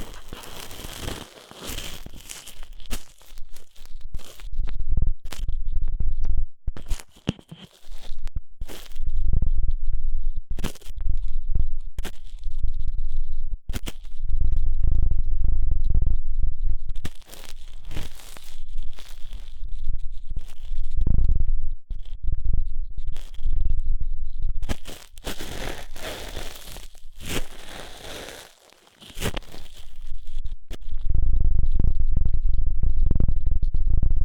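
Ear-cleaning sounds with strong scraping and rubbing, dense bursts of low rumbling and crackling scratches that stop and start irregularly throughout.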